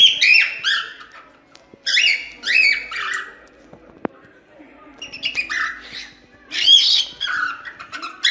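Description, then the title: Cockatiels chattering in bursts of rapid warbled whistles, with a brief click midway, then more bursts. Several cockatiels, whistling. "Calopsitas Cantando Assobio"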